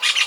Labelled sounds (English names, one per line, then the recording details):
Brown-throated Parakeet contact call
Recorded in Venezuela
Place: Guárico; Corozopando; Fundo La Fe
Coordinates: 8.506, -67.593